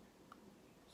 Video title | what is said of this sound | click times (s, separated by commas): HOW TO USE YOUR WATER MIST ... not steamer 😂 | how it locks in place right there | 0.3 s